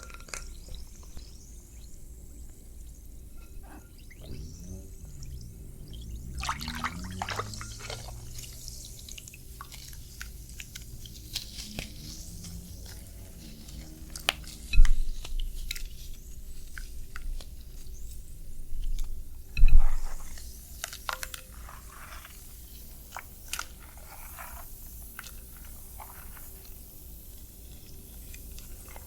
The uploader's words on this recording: ASMR MISTY WATER TRIGGERS (WET ASMR).